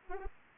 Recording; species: mosquito wingbeat signal from an infrared sensor; Anopheles arabiensis